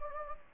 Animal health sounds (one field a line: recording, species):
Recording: mosquito wingbeat signal from an infrared sensor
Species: Anopheles gambiae